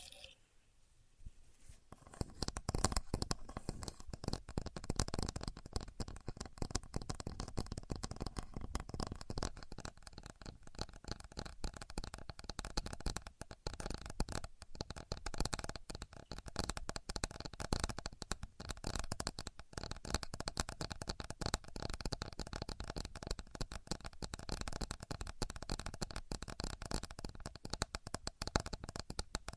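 A contour gauge's pins clatter and rattle in a dense, fast, uneven rush after a quiet first two seconds.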